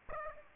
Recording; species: mosquito wingbeat signal from an infrared sensor; Aedes aegypti